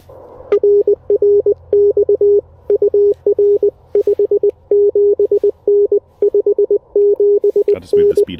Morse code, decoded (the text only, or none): RR X UR 57N 57N